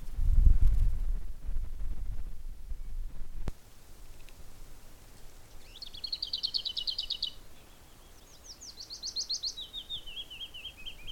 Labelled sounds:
Lesser Whitethroat (Sylvia curruca)

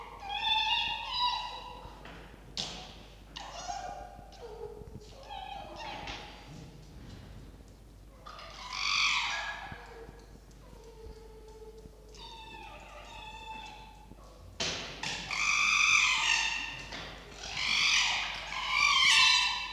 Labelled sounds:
Red Fox (Vulpes vulpes)

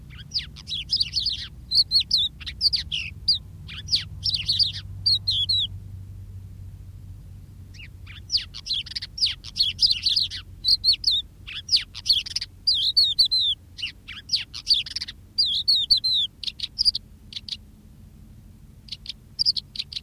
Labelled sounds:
Crested Lark (Galerida cristata) song

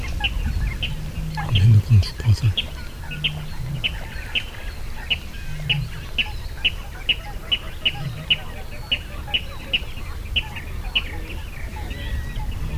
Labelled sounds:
Water Rail (Rallus aquaticus)

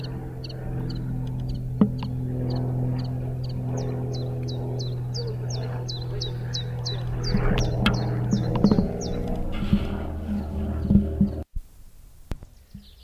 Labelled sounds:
Common Chiffchaff (Phylloscopus collybita) song

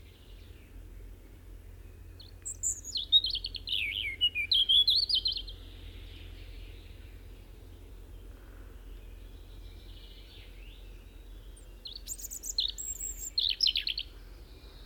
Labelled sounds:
European Robin (Erithacus rubecula) song

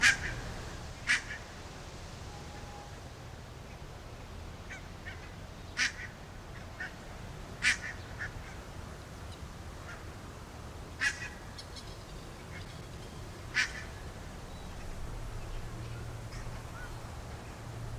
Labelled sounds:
Barnacle Goose (Branta leucopsis)

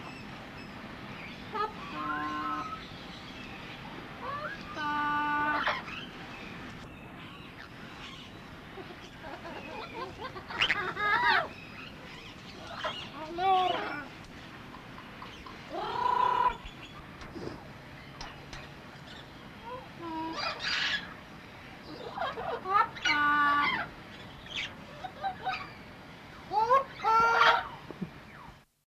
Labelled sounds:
Mealy Parrot (Amazona farinosa) call

